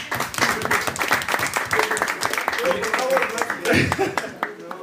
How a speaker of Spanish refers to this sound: ¡Un aplauso!